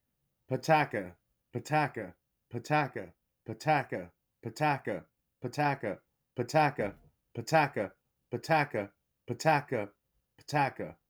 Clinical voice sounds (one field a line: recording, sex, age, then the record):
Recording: repeated syllables /pa ta ka/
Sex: male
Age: 30 to 39 years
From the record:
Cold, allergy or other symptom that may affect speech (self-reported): no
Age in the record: 38 years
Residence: United States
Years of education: 16